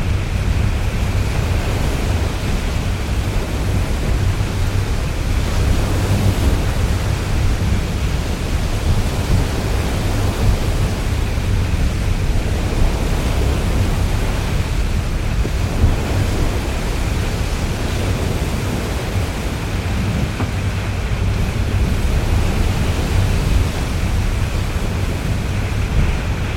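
Heavy wind roars steadily around a ship's cabin, a dense, deep rushing with a low hum beneath and faint higher hiss throughout.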